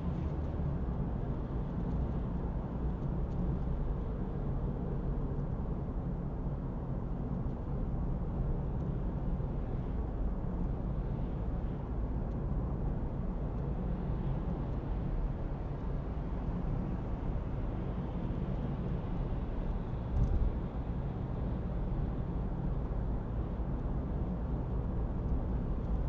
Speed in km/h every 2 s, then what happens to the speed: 68, 68, 70, 70, 70, 64, 63, 64, 65, 67, 67, 67, 67.
0-8 steady at about 70. 8-11 slows to 63. 11-26 steady at about 67.